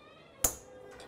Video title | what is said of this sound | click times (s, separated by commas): Whirlpool dishwasher rack adjustment replacement kit install video - Whirlpool Self Help Videos | you'll hear a click | 0.4 s